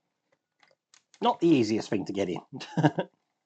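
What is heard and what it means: A plastic part of a die-cast and plastic Fanhome Transformers Movie Optimus Prime collectible figure is being pushed into its socket on the torso, with faint ticks at about 0.6 s, 0.9 s and 3.5 s. Someone talks about the part being hard to get in. Nothing has seated or clicked yet.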